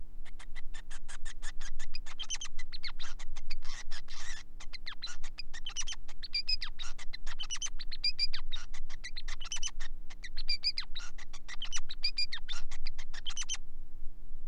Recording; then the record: song of a male Bengalese finch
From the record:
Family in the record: son of father 5